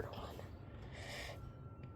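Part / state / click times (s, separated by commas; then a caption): wiring connector onto ignition coil pack / not seated / none. A hard-to-fit wiring connector is handled onto an ignition coil pack during a spark plug change on a 2020 Hyundai Palisade Limited, with low rumbling handling noise, breathy hiss and someone talking briefly. Nothing has seated or clicked yet.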